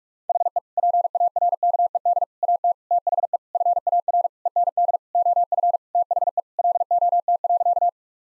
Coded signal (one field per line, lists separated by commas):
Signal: Morse code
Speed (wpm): 46 wpm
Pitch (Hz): 700 Hz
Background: none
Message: HE PARKED AT THE FAR END OF THE LOT.